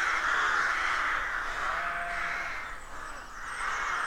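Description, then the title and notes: Rooks cawing in a dense, continuous chorus of overlapping harsh calls, swelling and easing slightly, with no clear gaps between voices. Rook colony of more than 300 birds nesting in a dozen roadside trees, deeply rural County Armagh, early spring; pairs greeting, squabbling with neighbours as first chicks hatch. "Sound Escape 113: Enjoy the stirring cacophony of a rook colony. We wandering in deeply rural County Armagh. It's early spring and the rooks rule the woodlands. BBC Countryfile Magazine's Sound Escapes"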